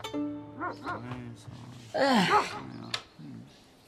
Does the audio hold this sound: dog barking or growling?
yes